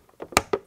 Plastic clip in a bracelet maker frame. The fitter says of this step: going to turn to the left and you're gonna hear it lock into place